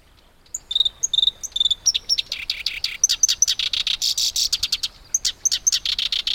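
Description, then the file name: Black-browed reed warbler song: rapid chattering phrases of dry clicks and harsh buzzy notes mixed with thin high whistles, continuous and varied after a brief silent start. "warbler-black-browed-reed -Acrocephalus-bistrigiceps"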